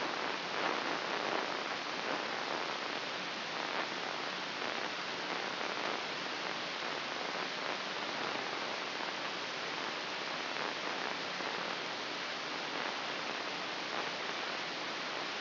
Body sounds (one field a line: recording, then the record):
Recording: brain microelectrode recording played as sound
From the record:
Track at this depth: inside the subthalamic nucleus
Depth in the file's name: 6.907 mm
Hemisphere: left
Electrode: 3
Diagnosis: Parkinson's disease